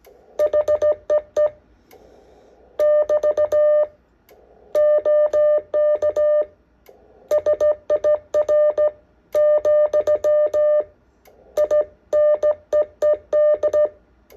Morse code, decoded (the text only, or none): HEE <BT> OK SIR , I NEED